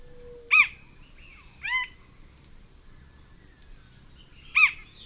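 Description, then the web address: Plain-crowned spinetail song: three clipped, slurred notes spaced a second or more apart, over a constant high insect drone. In the eastern lowlands of South America. "Natures Songs S America Eastern Lowlands. Plain-crowned Spinetail"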